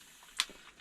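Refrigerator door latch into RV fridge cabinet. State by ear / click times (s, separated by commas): seated / 0.4 s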